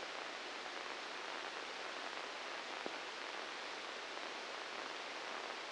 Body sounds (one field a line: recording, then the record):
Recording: brain microelectrode recording played as sound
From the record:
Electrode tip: inside the subthalamic nucleus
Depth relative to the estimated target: -1 mm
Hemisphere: left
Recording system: NeuroSet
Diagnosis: Parkinson's disease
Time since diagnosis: 19 years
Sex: female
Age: 69 years